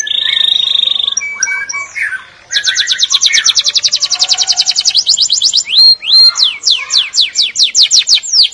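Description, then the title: A canary gives a flat buzzy note and short chirps, then a long rapid trill of high notes turning into slower, ringing downward sweeps. "Kenari"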